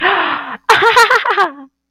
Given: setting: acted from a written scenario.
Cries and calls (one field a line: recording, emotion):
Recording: vocal sound without words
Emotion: positive surprise